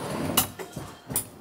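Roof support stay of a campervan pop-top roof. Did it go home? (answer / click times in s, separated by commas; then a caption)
yes / 0.4 s, 1.2 s. The pop-top roof of a 1960s VW camper van is pushed up by the middle bar until its roof support stays lock into place. Two sharp metallic clicks are heard at 0.4 s and 1.2 s, with a softer knock at 0.6 s, and the stays are seated with the roof up.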